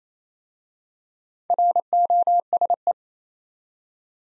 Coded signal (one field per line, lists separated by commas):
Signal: Morse code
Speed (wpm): 28 wpm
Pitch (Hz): 700 Hz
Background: none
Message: ROSE